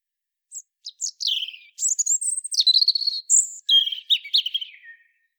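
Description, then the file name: European robin delivers a jumbled phrase of high piping notes, sliding whistles and quick trills, ending in a lower descending twitter. "Erithacus rubecula"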